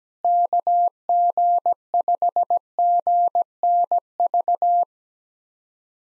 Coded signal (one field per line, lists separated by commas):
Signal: Morse code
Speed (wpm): 17 wpm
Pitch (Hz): 700 Hz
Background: none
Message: KG5GNV